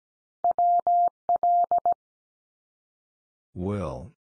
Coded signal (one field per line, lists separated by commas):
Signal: Morse code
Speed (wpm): 17 wpm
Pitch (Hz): 700 Hz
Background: none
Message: WL